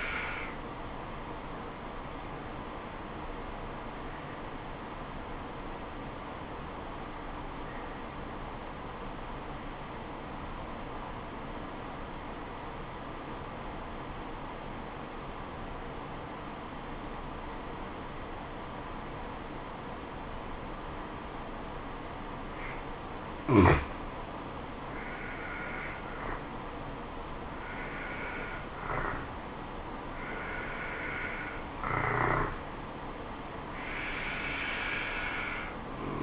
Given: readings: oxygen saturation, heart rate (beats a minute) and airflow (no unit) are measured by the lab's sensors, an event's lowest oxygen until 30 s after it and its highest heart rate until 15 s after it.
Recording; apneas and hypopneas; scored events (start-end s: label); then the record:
breathing in sleep by a voice recorder at the bedside; 1
3.00-26.20 s: obstructive apnea (N2, oxygen 95% highest, then 87% lowest, heart rate 71 at the start, 79 highest)
From the record:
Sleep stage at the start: N2 (light sleep); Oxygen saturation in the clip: 88 to 95%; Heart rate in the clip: 66 to 79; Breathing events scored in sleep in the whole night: 426 in 7.4 hours asleep